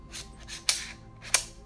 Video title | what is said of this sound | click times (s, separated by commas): Canon EOS R video & Gimbal setup! | There you go, the final click. | 1.3 s